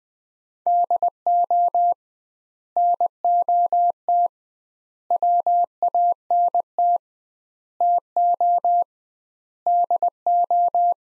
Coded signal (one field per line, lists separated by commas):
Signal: Morse code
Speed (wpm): 21 wpm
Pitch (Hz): 700 Hz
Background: none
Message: DO NOT WANT TO DO